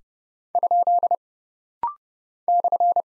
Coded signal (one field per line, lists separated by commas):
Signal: Morse code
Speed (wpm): 30 wpm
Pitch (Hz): 700 Hz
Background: none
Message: ? /